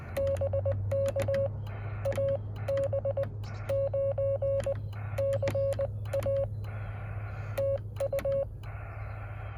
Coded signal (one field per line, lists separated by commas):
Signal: Morse code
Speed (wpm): 21 wpm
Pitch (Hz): 560 Hz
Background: none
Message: BK AB9CA TU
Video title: Morse Code POTA with Yaesu 817 10/22/2024